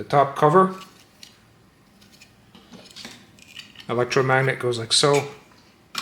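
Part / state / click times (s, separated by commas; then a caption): 3D printed top cover onto the cradle's base housing / not seated / none. Someone talks while handling a 3D printed top cover over the electromagnet of a Newton's cradle base housing, with faint, quiet handling taps between the speech. The cover is not yet pressed home, and nothing has seated or clicked yet.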